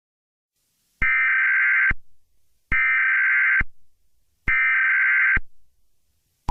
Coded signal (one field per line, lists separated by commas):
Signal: Emergency Alert System (SAME) tones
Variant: header bursts